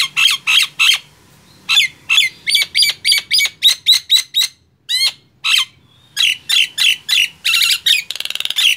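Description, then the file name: Nias hill myna producing a rapid series of loud, harsh squawks and a few sharp down-slurred whistles, ending in a fast rattling burst. "suara jalak nias"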